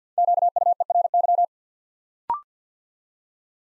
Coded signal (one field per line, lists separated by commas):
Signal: Morse code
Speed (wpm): 50 wpm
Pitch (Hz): 700 Hz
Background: none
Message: QUERY